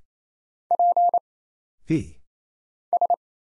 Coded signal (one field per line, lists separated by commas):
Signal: Morse code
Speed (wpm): 29 wpm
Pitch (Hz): 700 Hz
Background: none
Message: P S